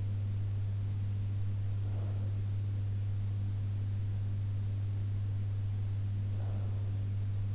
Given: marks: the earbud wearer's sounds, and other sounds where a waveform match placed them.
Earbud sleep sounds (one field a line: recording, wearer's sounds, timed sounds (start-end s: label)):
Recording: sounds in sleep by an in-ear microphone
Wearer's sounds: breath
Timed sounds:
1.77-2.80 s: breath
5.90-7.55 s: breath